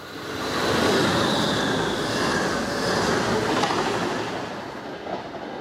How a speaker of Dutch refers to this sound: Wij zitten hier regelmatig te kijken, ja, naar de treinen, inderdaad, klopt. Komt er een aan? Er komen er twee aan zelfs.